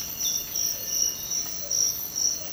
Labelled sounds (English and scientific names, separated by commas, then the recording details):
none
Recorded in dense forest near Puerto Asís, Putumayo, Colombia, on 24 March 2025 at 06:00
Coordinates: 0.500, -76.322
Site GP06